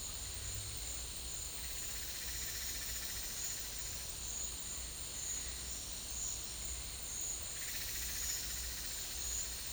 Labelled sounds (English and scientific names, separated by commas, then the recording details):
Speckled Chachalaca (Ortalis guttata)
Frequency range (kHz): Speckled Chachalaca (Ortalis guttata) 1.1-3.4 kHz
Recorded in dense forest near Puerto Asís, Putumayo, Colombia, on 22 December 2024 at 11:30
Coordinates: 0.486, -76.317
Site G003